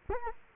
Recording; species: mosquito wingbeat signal from an infrared sensor; Culex quinquefasciatus